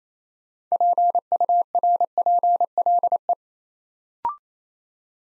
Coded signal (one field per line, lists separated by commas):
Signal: Morse code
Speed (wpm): 29 wpm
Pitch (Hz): 700 Hz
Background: none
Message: PURPLE